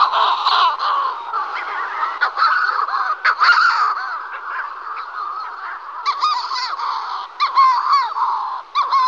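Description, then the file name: Manx shearwater calls, raucous overlapping crowing cries from many birds, with clearer rising, harmonic-rich squawks standing out in the second half. "Burnak severni Puffinus puffinus"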